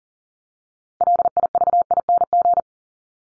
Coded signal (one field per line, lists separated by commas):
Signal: Morse code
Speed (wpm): 38 wpm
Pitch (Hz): 700 Hz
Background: none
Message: LIVING